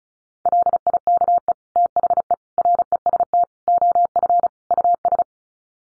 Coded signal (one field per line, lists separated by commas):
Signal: Morse code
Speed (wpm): 34 wpm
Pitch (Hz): 700 Hz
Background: none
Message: LIKE THE REST OF US